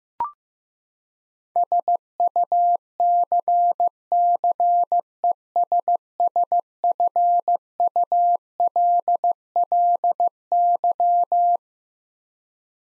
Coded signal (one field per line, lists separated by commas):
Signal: Morse code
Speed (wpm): 16 wpm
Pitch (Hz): 700 Hz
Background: none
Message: SUCCESSFULLY